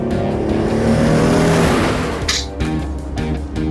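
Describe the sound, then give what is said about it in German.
The Paw Patroller vehicle, carrying six kittens, roars and drives off, its loud, steady engine rumble rising in pitch as it accelerates, with a brief hiss partway through; no one speaks. “Er und die 6 Kätzchen verschwanden im Paw Patroller. Und dann fuhren sie los.”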